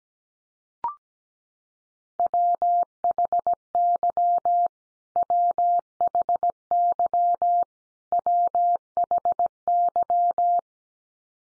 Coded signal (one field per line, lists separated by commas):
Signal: Morse code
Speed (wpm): 17 wpm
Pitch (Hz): 700 Hz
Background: none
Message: WHY WHY WHY